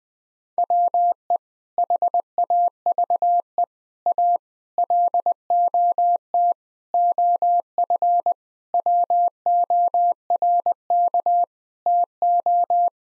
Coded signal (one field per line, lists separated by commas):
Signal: Morse code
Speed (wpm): 20 wpm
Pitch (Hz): 700 Hz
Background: none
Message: WE HAVE A LOT OF WORK TO